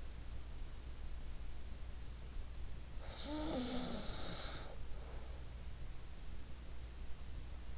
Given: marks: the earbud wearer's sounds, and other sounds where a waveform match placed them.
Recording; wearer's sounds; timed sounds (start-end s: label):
sounds in sleep by an in-ear microphone; snoring breath
2.97-5.58 s: snoring breath